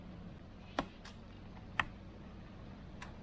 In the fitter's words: i think you could almost hear that click when this one came into place so that's important that they really are clicking both of them